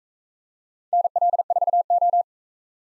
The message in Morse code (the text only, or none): NL4O